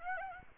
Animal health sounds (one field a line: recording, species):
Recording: mosquito wingbeat signal from an infrared sensor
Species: Aedes aegypti